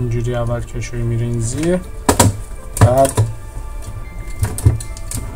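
A device's back cover is handled against its housing, with its tab slid under the edge first before the cover is lowered, while someone talks and music plays in the background. Short knocks and taps are heard around 2.1–2.8 s and again from 4.4 to 5.1 s. The clip ends before the cover goes home; nothing has seated or latched yet.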